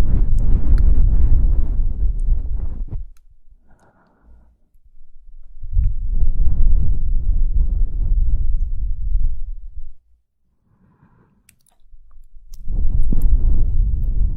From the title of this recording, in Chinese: 吹耳